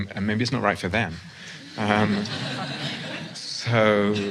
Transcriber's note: laughter